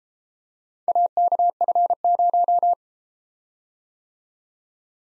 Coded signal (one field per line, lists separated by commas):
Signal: Morse code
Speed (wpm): 33 wpm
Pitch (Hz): 700 Hz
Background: none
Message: AKF0